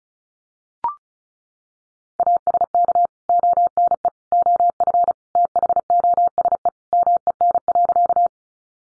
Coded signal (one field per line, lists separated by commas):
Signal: Morse code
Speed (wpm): 34 wpm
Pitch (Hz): 700 Hz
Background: none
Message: ASK ONE OF THOSE MEN.